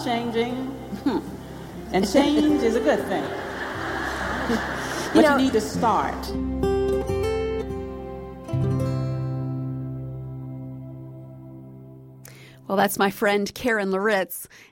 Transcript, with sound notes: I’m changing. Change is a good thing. (Applause) But you need to start.
Well, that’s my friend Karen Loritts.